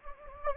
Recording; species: mosquito wingbeat signal from an infrared sensor; Anopheles gambiae